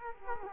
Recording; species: mosquito wingbeat signal from an infrared sensor; Culex quinquefasciatus